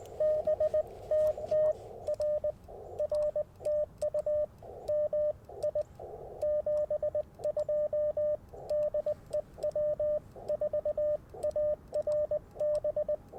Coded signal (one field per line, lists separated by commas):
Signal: Morse code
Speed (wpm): 20 wpm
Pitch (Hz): 600 Hz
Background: radio noise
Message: BTT R R TU MI 72 DE W4ARB